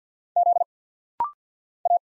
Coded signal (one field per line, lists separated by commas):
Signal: Morse code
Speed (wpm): 51 wpm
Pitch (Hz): 700 Hz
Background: none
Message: Z A